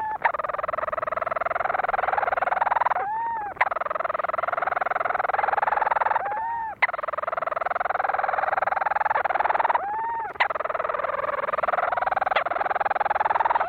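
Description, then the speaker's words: Petrels trade steady buzzy churring, interrupted every few seconds by slurred hiccup notes. Two North Atlantic seabirds calling to each other in a duet on Kent Island in the Bay of Fundy. "Lang Elliott recorded these two seabirds of the North Atlantic as they called to each other on Kent Island in the Bay of Fundy."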